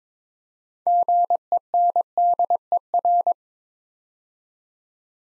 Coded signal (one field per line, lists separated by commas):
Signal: Morse code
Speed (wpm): 22 wpm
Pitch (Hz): 700 Hz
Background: none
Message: GENDER